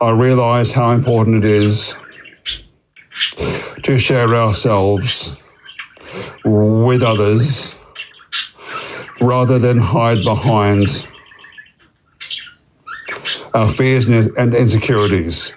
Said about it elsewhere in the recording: As someone who stutters. I recently attended a Maguire course in Melbourne to work on my speech and take back control.